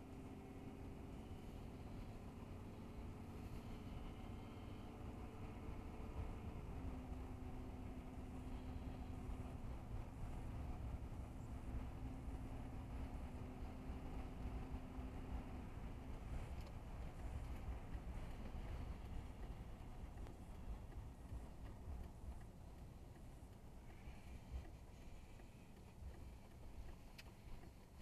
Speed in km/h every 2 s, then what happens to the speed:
37, 44, 48, 52, 53, 55, 55, 56, 55, 47, 40, 31, 24, 18.
0-7 speeds up to 53. 7-14 steady at about 55. 14-28 slows to 18.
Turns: none.